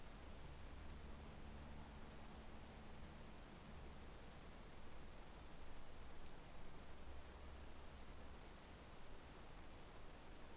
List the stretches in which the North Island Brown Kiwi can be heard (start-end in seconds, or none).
none